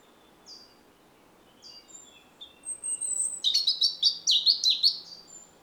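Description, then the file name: European robin song: scattered faint high whistles open, then a rapid cascade of sparkling, warbled notes swooping up and down. "Erithacus rubecula"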